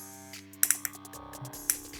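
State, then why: Seated. The lever of a roller-skate style ratchet buckle on armor is worked to draw the ratchet strap in tooth by tooth, one or two clicks at a time, over steady background music. Sharp ratchet clicks land at 0.6, 0.7, 0.9 and 1.7 seconds as the strap clicks tighter and seats at the right fit.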